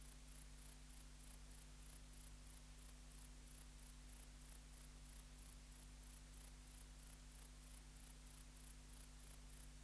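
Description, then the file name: Grey bush-cricket song: rapid, regular bursts of thin, high hiss, about three a second, accompanied by a low steady hum. "Platycleis albopunctata"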